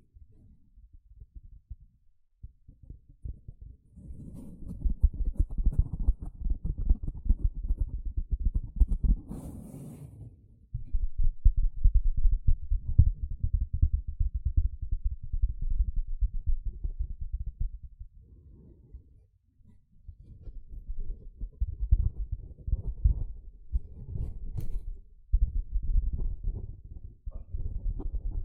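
A sponge is scratched and squished in bursts of rapid, dense, low rubbing strokes, with short pauses near 2, 10, 19 and 27 seconds. The sound stays dull and thumping, with a brief brighter hiss around 9 to 10 seconds.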